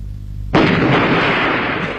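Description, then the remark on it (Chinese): A low hum gives way after half a second to a sudden, loud bomb blast that rolls on as a broad, sustained rumbling roar until the end, with no voices: Japanese aircraft strafing and dropping bombs. “这日本鬼子的飞机啊，在天上是又是扫射又是扔炸弹，就像那庐山的瀑布， 飞流直下三千尺，是疑是银河落九天。”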